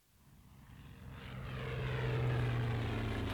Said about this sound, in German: Die Flugzeuge! Steh sofort auf!